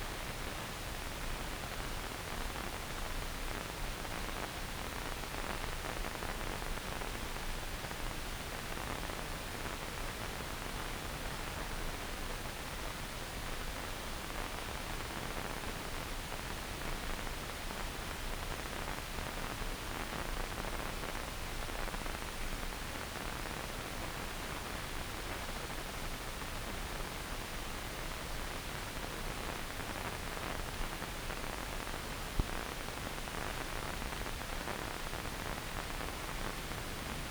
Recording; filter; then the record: brain microelectrode recording played as sound; wide band, above 20 Hz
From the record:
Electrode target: subthalamic nucleus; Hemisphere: left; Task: reaching with the right hand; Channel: 1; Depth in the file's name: 0.251 mm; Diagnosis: Parkinson's disease